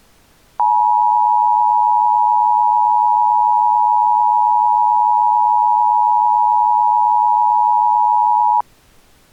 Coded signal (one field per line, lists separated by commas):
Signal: Emergency Alert System (SAME) tones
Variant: 853 and 960 Hz attention tone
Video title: (EAS Scenario) Wintery Wallop